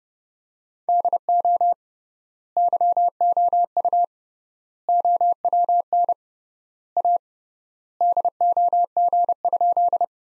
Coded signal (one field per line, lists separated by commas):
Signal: Morse code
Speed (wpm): 30 wpm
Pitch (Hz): 700 Hz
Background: none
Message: DO YOU OWN A DOG?